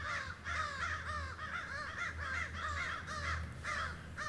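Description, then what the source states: Crows cawing harshly, hoarse arched calls tumbling one after another with almost no pause, over a low rumble. Several crows squawking during a fight.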